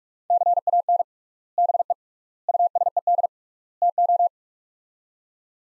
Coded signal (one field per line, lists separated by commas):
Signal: Morse code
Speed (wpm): 43 wpm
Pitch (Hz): 700 Hz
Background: none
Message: CAN BE USED TO